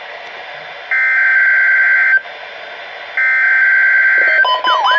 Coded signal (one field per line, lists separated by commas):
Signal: Emergency Alert System (SAME) tones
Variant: header bursts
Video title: NWR Weekly Test (EAS #2584)